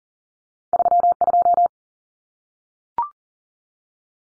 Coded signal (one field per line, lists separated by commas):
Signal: Morse code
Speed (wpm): 40 wpm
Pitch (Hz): 700 Hz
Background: none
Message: 32